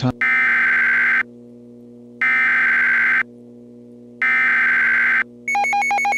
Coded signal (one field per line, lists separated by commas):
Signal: Emergency Alert System (SAME) tones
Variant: header bursts